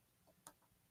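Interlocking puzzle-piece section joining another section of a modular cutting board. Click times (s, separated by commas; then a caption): 0.5 s. An interlocking puzzle-piece section of a modular cutting mat or board is pressed into another section. A single sharp, bright click sounds at 0.5 s against faint low background noise, and the section clicks right in and lies flat once snapped in.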